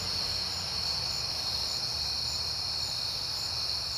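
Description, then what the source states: Chorus of crickets: an unbroken high-pitched trill over a low droning rumble. Crickets recorded at night in September, on a peaceful night.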